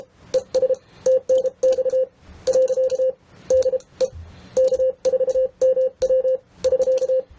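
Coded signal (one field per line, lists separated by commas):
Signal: Morse code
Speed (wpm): 31 wpm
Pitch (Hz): 520 Hz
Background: none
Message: ES TNX . DE K4MW <SK>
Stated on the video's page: Morse sent through a WKUSB-AF keyer, monitored as a display of sent characters.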